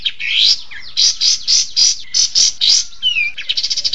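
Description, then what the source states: Bird song of loud repeated harsh chirps, then a falling whistle and a quick twittering finish. Song used for training songbirds (masteran).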